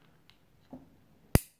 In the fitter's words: it kind of pull it up like this you know like this you'll hear that little click that's not something breaking that's